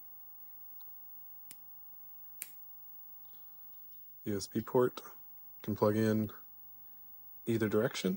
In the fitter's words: these extended clips which allow it to snap into the base the little click